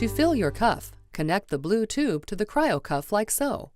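Someone talks while the blue tube's connector from an Aircast Cryo/Cuff Cooler 52A is brought to the port of the cold therapy cryocuff to fill the cuff. The connector is being handled, and nothing has seated or clicked yet before the clip ends.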